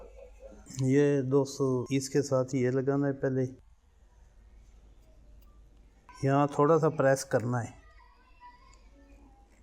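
A hose fitting is being handled at the port of a 140 bar Hyundai pressure washer, to be pressed a little until it locks. Someone talks from about 0.8 to 3.6 s and again from about 6.2 to 7.7 s, with a short bump near 6.1 s and quiet background in between. Nothing has seated or clicked yet.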